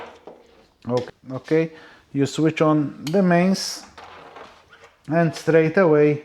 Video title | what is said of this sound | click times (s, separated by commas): Dead Motorcycle Battery? 5 mistakes That Kill Your Battery 🪫 | very easy connect them like this way. Okay. You hear the click. | 0.3 s